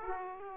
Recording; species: mosquito wingbeat signal from an infrared sensor; Aedes aegypti